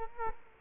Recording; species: mosquito wingbeat signal from an infrared sensor; Culex quinquefasciatus